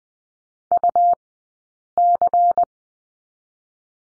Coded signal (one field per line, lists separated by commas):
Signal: Morse code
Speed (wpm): 20 wpm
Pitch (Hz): 700 Hz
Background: none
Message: U C